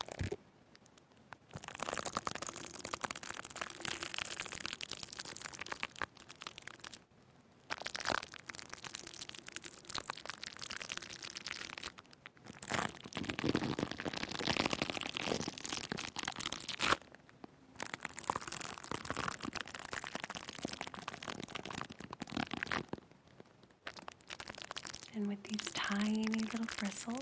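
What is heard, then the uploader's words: Bright crinkling of plastic wrap and scratchy brushing fill the clip in dense bursts, broken by brief silences near 1, 7, 12, 17 and 23 seconds. Near the end, a faint wavering tone appears beneath the rustling. Plastic Wrap Triggers Crinkles, Shaving Cream, Mic Brushing, Scratching.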